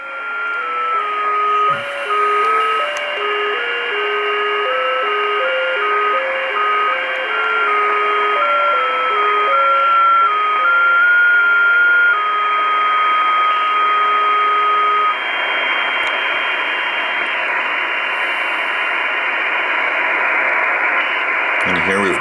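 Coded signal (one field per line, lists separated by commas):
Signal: JT65, JT9 or WSPR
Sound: pure tones slowly hopping between pitches over steady radio hiss, faint high whine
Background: radio static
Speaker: It sounds like this. [Applause] And here we've got a CQ from O5 UN.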